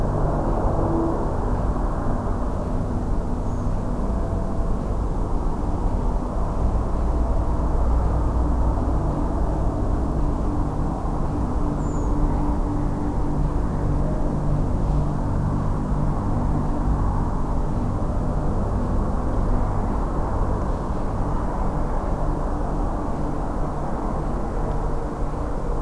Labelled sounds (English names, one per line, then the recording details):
Redwing
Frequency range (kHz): Redwing 6.2-8.0 kHz
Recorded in France